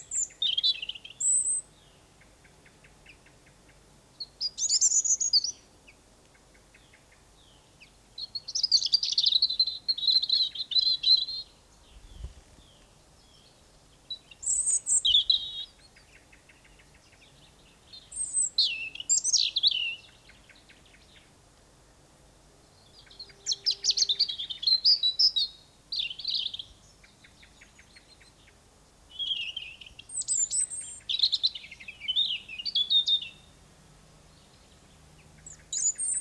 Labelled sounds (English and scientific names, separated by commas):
European Robin (Erithacus rubecula) song